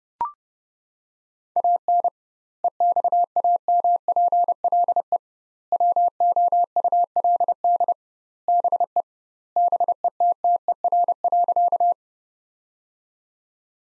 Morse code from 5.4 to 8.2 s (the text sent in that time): WOULD